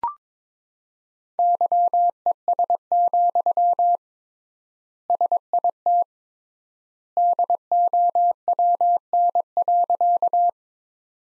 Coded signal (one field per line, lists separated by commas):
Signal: Morse code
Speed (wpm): 22 wpm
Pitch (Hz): 700 Hz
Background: none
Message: YES, SIT DOWN.